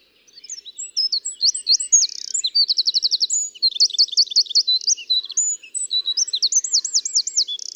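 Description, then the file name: Eurasian wren song: a loud, high, rapid outpouring of sharp notes and fast trills, with repeated rattling phrases running for about seven seconds against a quiet background. "Troglodytes troglodytes"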